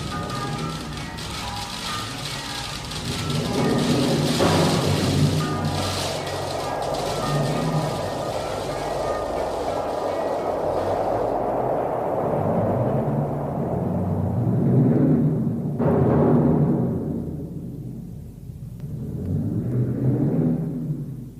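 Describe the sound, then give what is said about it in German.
A steady, dense clatter of hail pelts down over fields for over twenty seconds while deep thunder rolls and swells several times underneath, growing loudest near the end. No one speaks. “Und dann hagelte es.”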